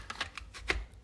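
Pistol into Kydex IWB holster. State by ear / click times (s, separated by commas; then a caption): not seated / none. A P80 pistol lower frame, equivalent to a Gen 3 Glock 19, is pushed into a MassTac Kydex IWB holster with MassWing, giving a few short plastic handling taps near 0.1, 0.2, 0.4 and 0.7 seconds, the loudest at 0.7. No retention click is heard; the gun has not clicked into a lock, though it is held tight, possibly because the retention needs tightening or because of variances in the P80 lower receiver.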